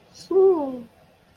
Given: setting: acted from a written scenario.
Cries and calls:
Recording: vocal sound without words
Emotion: confusion

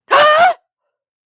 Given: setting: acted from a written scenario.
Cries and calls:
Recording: vocal sound without words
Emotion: fear

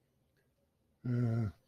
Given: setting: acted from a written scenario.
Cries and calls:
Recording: vocal sound without words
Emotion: guilt

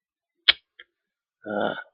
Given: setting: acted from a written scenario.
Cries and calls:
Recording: vocal sound without words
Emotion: contempt

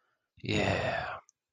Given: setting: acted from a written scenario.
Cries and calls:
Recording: vocal sound without words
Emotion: pride

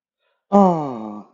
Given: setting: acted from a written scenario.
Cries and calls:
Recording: vocal sound without words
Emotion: adoration

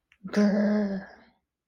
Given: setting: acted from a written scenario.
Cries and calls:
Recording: vocal sound without words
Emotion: anger

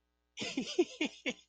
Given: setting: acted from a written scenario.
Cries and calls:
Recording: vocal sound without words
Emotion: amusement

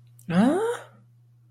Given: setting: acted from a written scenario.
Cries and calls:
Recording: vocal sound without words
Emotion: negative surprise

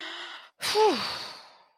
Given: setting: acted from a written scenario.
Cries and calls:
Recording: vocal sound without words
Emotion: relief

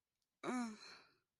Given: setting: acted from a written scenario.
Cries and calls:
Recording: vocal sound without words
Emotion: shame

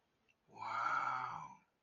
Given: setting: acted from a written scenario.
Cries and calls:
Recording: vocal sound without words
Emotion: romantic love

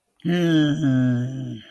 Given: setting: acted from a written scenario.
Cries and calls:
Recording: vocal sound without words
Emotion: anger

